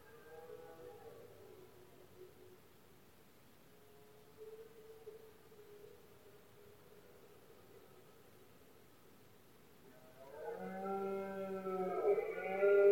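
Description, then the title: Red deer bellowing: faint moans for about ten seconds, then a loud harmonic roar at the close. Rut of male deer in Spain, called berrea or brama del ciervo; powerful bellows of stags, heard especially at night when the surroundings are quietest. "Paisaje sonoro: Berrea"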